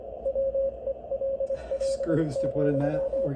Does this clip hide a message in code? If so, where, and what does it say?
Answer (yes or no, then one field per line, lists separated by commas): yes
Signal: Morse code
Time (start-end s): 0.3-3.3 s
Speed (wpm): 24 wpm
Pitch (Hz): 540 Hz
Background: speech, radio noise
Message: WELL,